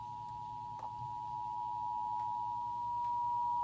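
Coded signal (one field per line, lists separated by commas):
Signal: Emergency Alert System (SAME) tones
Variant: 853 and 960 Hz attention tone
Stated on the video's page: Monthly EAS test on cable broadcast.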